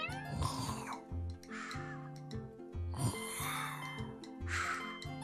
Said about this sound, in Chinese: 是的，蓝贝可还打起了小呼噜呢。哎呀，他睡得可真香啊。